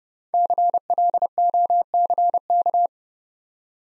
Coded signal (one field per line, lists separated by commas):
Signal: Morse code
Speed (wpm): 30 wpm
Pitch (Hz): 700 Hz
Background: none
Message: CLOCK